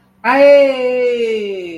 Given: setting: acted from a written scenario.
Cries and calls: vocal sound without words; pride

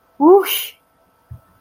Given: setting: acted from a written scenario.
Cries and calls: vocal sound without words; relief

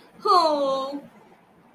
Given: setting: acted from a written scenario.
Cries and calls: vocal sound without words; contempt

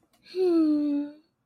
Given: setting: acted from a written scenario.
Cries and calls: vocal sound without words; contentment

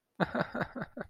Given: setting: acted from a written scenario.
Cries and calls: vocal sound without words; amusement

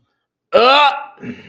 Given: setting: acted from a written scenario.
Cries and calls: vocal sound without words; disgust

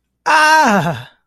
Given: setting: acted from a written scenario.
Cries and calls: vocal sound without words; amusement

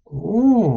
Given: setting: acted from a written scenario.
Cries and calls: vocal sound without words; romantic love

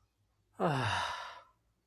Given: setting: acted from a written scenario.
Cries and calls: vocal sound without words; relief

